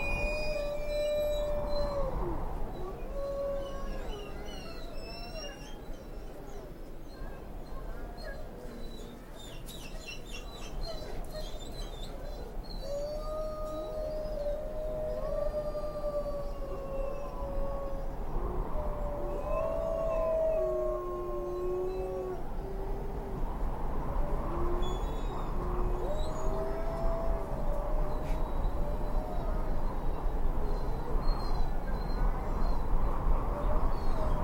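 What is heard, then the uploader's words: Wolves howl in long, sliding calls that rise and fall, several voices overlapping across the whole stretch and growing fuller toward the end. Short, higher yips break in now and then, especially early on, over a steady low rumble underneath. Sound Of The Wolves.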